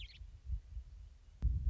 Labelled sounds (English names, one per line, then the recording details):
Western Meadowlark
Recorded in Sonoma County, California